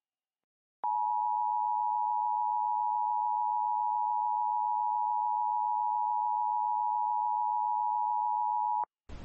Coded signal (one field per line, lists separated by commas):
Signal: Emergency Alert System (SAME) tones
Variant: 853 and 960 Hz attention tone